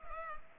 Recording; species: mosquito wingbeat signal from an infrared sensor; Culex pipiens